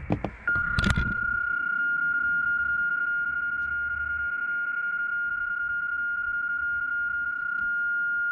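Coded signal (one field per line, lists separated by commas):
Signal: PSK31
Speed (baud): 31.25 baud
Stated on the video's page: PSK31 sent during a Summits on the Air activation.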